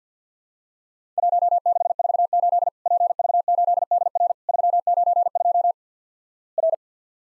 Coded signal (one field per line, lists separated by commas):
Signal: Morse code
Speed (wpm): 49 wpm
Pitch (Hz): 700 Hz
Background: none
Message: 1648 PV8DR 392 R